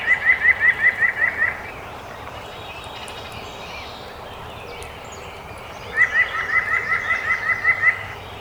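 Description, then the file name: White-breasted nuthatch song: a quick, level series of nasal notes, a pause, then another even burst of similar notes. Songs recorded 2018-05-12. "2018-05-12 WBNU-12 Songs"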